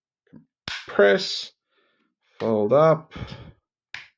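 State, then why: Seated. A plastic leg of a transforming robot figure is folded up into the body and pressed during its transformation back to alt mode, while someone talks. A sharp snap is heard at about 0.7 s, and the leg clicks into place at 3.9 s, fully seated.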